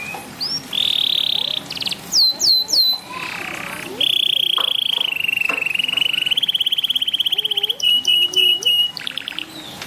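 Bird song: alternating steady trills, sharp down-slurred whistles and fast pulsed rattles at mid-high pitch, with short twittering notes between.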